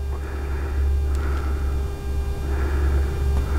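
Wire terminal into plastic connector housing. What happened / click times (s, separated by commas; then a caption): The wire terminal is being lined up and has not seated yet / none. A black wire terminal from a Ciro LED saddlebag hinge cover install is handled and lined up with its matching cavity in a plastic connector housing before being pushed in. Faint handling rustles sit over a steady low hum and a constant mid tone throughout. Nothing has seated or clicked yet.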